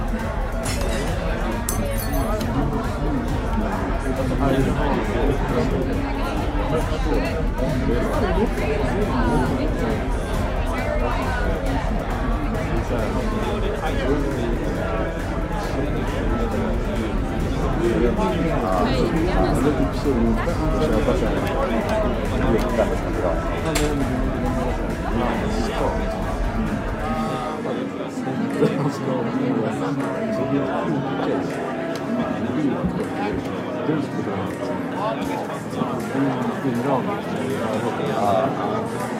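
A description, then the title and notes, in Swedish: Murmuring bar sound: many overlapping voices form a dense, steady wash of chatter with no single speaker standing out. A low rumble runs underneath until about 27 seconds, when it drops away and the crowd murmur continues at the same even level. Baren. En timme sorlande barljud.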